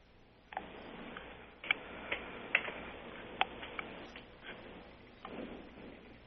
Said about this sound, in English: Can you hear me typing